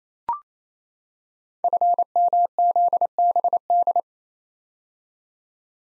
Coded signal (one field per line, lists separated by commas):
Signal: Morse code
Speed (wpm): 29 wpm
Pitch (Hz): 700 Hz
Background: none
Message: FMZBD